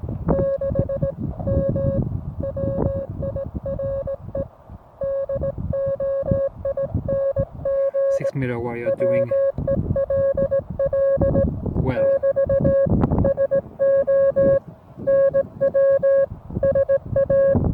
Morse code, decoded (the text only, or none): 6 M WIRE DOING WELL <BT> SO NW SA